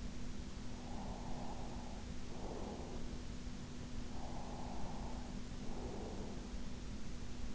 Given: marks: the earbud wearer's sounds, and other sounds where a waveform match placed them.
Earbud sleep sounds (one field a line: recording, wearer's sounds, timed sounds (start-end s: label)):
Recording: sounds in sleep by an in-ear microphone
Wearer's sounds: breath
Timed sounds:
0.49-3.53 s: breath
3.92-6.63 s: breath